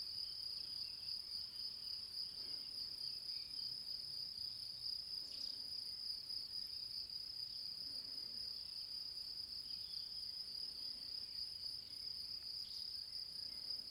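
Crickets chirp in a steady, unbroken high shrill that holds through the whole stretch, with a fainter second band above it. Underneath runs a soft, even rumble, and a few brief faint calls poke through around the fifth and thirteenth seconds.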